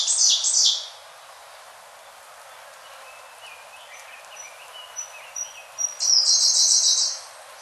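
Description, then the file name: Siberian blue robin song: a brief loud rattling burst, then quiet, then thin, high, spaced notes that lead into a second rapid, rattling trill. "koruri"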